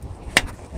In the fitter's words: that's it it clicked into place after replacing all the spark plugs